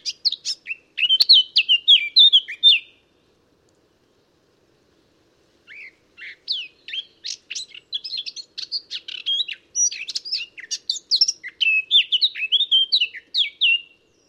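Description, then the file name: Eurasian blackcap song: a fast, dense run of high chattering and twittering notes for about three seconds, a pause, then a longer, steadier stream of scratchy warbling phrases. "Sylvia atricapilla"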